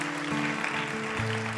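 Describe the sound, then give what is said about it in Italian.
An audience applauds for God after a prayer, in a dense, steady wash of clapping, with a sustained low keyboard-like tone humming underneath that shifts pitch near the end. “Sì, possiamo fare un applauso.”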